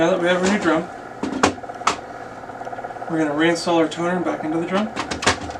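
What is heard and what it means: A toner cartridge is handled as it goes back into a new drum unit for a Brother HL-1440 laser printer (DR400 drum) while someone talks. Short handling knocks are heard, with sharp ones around 1.4 and 1.9 seconds. Nothing has seated or clicked yet.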